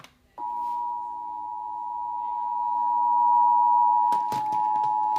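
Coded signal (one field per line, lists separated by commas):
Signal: Emergency Alert System (SAME) tones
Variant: 853 and 960 Hz attention tone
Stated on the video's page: Tornado warning SAME tones on television.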